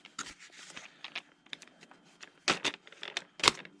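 A plastic landing gear strut is slid into its slot in the fuselage of a foam RC trainer plane, making scraping, rustling and small knocking sounds. It clicks into place at 2.5 seconds, seated nice and firm.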